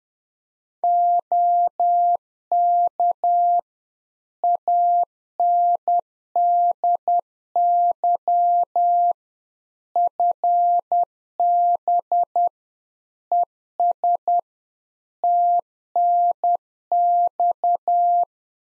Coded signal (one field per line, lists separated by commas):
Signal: Morse code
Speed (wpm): 10 wpm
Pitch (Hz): 700 Hz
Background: none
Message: OK ANDY FB ES TNX